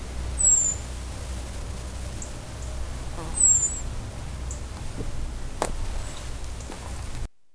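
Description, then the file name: European robin making two high, thin falling calls early on, followed by a few soft clicks and knocks against low rumbling noise. "Erithacus rubecula"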